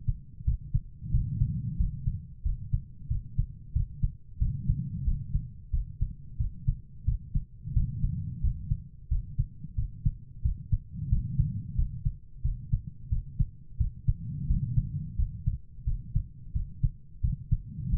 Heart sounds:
heart sounds by stethoscope; 89 bpm
0.44 s: heartbeat
1.11 s: heartbeat
1.76 s: heartbeat
2.42 s: heartbeat
3.07 s: heartbeat
3.72 s: heartbeat
4.38 s: heartbeat
5.04 s: heartbeat
5.70 s: heartbeat
6.37 s: heartbeat
7.04 s: heartbeat
7.73 s: heartbeat
8.40 s: heartbeat
9.08 s: heartbeat
9.75 s: heartbeat
10.41 s: heartbeat
11.08 s: heartbeat
11.75 s: heartbeat
12.41 s: heartbeat
13.09 s: heartbeat
13.77 s: heartbeat
14.46 s: heartbeat
15.15 s: heartbeat
15.84 s: heartbeat
16.52 s: heartbeat
17.20 s: heartbeat
17.89 s: heartbeat
From the record:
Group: healthy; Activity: rest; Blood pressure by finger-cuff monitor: 117/66 mmHg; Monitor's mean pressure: 81 mmHg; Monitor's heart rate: 89 bpm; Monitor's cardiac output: 6.6 L/min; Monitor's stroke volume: 74 mL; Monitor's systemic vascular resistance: 890 dyn s/cm5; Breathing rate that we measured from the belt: 18 breaths a minute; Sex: female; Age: 43 years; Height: 160 cm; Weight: 90 kg

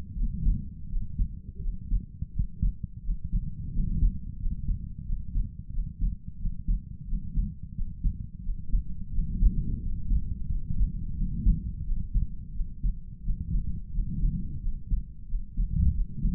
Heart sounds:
heart sounds by stethoscope; 87 bpm
0.15 s: heartbeat
0.88 s: heartbeat
1.60 s: heartbeat
2.32 s: heartbeat
3.02 s: heartbeat
3.71 s: heartbeat
4.38 s: heartbeat
5.04 s: heartbeat
5.71 s: heartbeat
6.37 s: heartbeat
7.06 s: heartbeat
7.73 s: heartbeat
8.41 s: heartbeat
9.11 s: heartbeat
9.79 s: heartbeat
10.47 s: heartbeat
11.14 s: heartbeat
11.84 s: heartbeat
12.52 s: heartbeat
13.22 s: heartbeat
13.91 s: heartbeat
14.60 s: heartbeat
15.26 s: heartbeat
15.92 s: heartbeat
From the record:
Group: healthy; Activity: cold pressor test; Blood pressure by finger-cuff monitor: 92/65 mmHg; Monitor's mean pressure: 71 mmHg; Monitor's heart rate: 87 bpm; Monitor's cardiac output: 5.6 L/min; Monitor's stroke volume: 64 mL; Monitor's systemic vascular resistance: 920 dyn s/cm5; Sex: male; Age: 22 years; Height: 181 cm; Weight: 60 kg

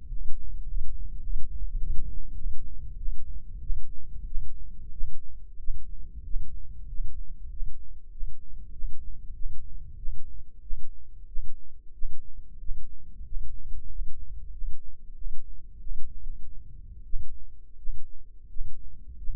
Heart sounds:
heart sounds by microphone in the left ear; 94 bpm
0.10 s: heartbeat
0.66 s: heartbeat
1.21 s: heartbeat
1.77 s: heartbeat
2.35 s: heartbeat
2.97 s: heartbeat
3.61 s: heartbeat
4.26 s: heartbeat
4.92 s: heartbeat
5.59 s: heartbeat
6.24 s: heartbeat
6.88 s: heartbeat
7.50 s: heartbeat
8.11 s: heartbeat
8.73 s: heartbeat
9.35 s: heartbeat
9.97 s: heartbeat
10.62 s: heartbeat
11.28 s: heartbeat
11.94 s: heartbeat
12.59 s: heartbeat
13.25 s: heartbeat
13.89 s: heartbeat
14.52 s: heartbeat
15.15 s: heartbeat
15.80 s: heartbeat
16.18 s: heartbeat
17.05 s: heartbeat
17.78 s: heartbeat
18.49 s: heartbeat
19.17 s: heartbeat
From the record:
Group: healthy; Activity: rest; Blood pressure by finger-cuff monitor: 123/63 mmHg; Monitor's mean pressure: 79 mmHg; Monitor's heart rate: 94 bpm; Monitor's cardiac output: 10 L/min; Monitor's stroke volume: 106 mL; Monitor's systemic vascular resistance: 570 dyn s/cm5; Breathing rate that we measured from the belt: 9 breaths a minute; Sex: male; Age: 35 years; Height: 180 cm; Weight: 86.9 kg

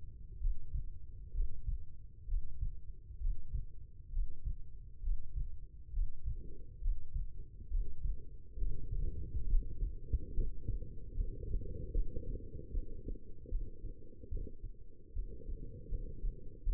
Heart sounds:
heart sounds by stethoscope; 70 bpm
0.39 s: heartbeat
1.33 s: heartbeat
2.27 s: heartbeat
3.19 s: heartbeat
4.11 s: heartbeat
5.01 s: heartbeat
5.91 s: heartbeat
6.80 s: heartbeat
7.69 s: heartbeat
8.57 s: heartbeat
9.46 s: heartbeat
10.33 s: heartbeat
11.14 s: heartbeat
11.92 s: heartbeat
12.71 s: heartbeat
13.48 s: heartbeat
14.28 s: heartbeat
15.13 s: heartbeat
15.88 s: heartbeat
16.63 s: heartbeat
From the record:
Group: healthy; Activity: Valsalva maneuver 0-8 s, rest 8-17 s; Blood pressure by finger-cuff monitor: 133/86 mmHg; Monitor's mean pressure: 97 mmHg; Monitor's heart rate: 68 bpm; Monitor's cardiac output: 5.4 L/min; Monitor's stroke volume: 79 mL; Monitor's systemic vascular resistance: 1270 dyn s/cm5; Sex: female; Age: 22 years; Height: 171 cm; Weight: 65.6 kg

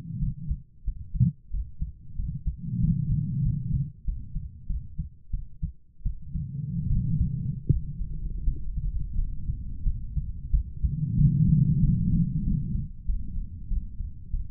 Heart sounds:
heart sounds by stethoscope; 89 bpm
0.18 s: heartbeat
0.83 s: heartbeat
1.49 s: heartbeat
2.14 s: heartbeat
2.79 s: heartbeat
3.41 s: heartbeat
4.03 s: heartbeat
4.66 s: heartbeat
5.29 s: heartbeat
6.02 s: heartbeat
6.87 s: heartbeat
7.68 s: heartbeat
8.43 s: heartbeat
9.14 s: heartbeat
9.82 s: heartbeat
10.50 s: heartbeat
11.15 s: heartbeat
11.79 s: heartbeat
12.42 s: heartbeat
13.05 s: heartbeat
13.67 s: heartbeat
14.30 s: heartbeat
From the record:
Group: healthy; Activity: rest 0-8 s, cold pressor test 8-15 s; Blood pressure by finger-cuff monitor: 136/75 mmHg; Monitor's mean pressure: 100 mmHg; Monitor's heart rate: 91 bpm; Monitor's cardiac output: 7.5 L/min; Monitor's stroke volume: 92 mL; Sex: female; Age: 32 years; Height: 172 cm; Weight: 71.7 kg

